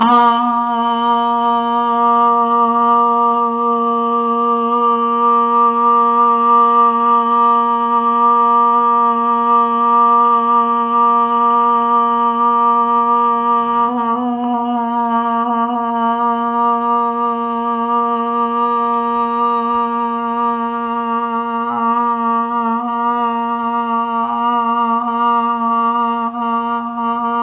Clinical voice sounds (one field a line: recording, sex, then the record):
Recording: sustained vowel /a/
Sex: female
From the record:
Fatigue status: fatigue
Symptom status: symptomatic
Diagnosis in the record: COVID-19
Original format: 3gp